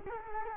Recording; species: mosquito wingbeat signal from an infrared sensor; Culex quinquefasciatus